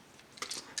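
After the foot part of a plastic transforming-robot toy leg is folded over and fastened, a wheel on the leg is pressed down into its locked position. Light clicks and rattles come at about 0.4 to 0.5 seconds, then a sharp click at 0.8 seconds as the wheel locks in place. The lock feels firmer than on the official version, which uses softer plastic.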